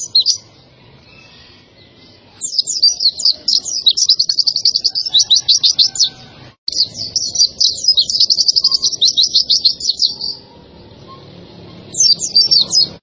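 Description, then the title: White-eye song in long bursts of rapid, high, buzzy trilled notes, separated by quieter stretches of low hiss. Pleci (white-eye) singing in gacor style, used for training cage birds. "Pleci Gacor. Masteran Burung PLECI"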